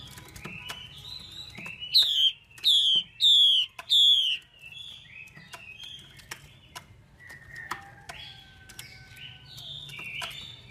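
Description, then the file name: Chinese hwamei call: soft warbles, then four loud falling whistles in a quick row, trailing into quieter chattering and thin whistles. Female hwamei calling, a sound used to stimulate or excite male birds. "Tieng chim hoa mi mai kich trong"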